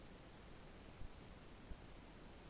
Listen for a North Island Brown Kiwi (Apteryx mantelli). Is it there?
no